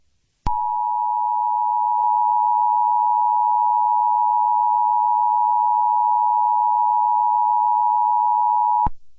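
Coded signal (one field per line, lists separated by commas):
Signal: Emergency Alert System (SAME) tones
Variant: 853 and 960 Hz attention tone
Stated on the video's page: Fictional EAS scenario; simulated, not a real alert.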